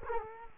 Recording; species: mosquito wingbeat signal from an infrared sensor; Culex quinquefasciatus